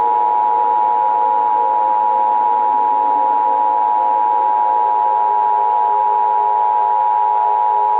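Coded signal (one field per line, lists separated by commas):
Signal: Emergency Alert System (SAME) tones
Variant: 853 and 960 Hz attention tone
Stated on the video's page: Fictional analog horror EAS scenario with simulated alert tones about a red giant sun.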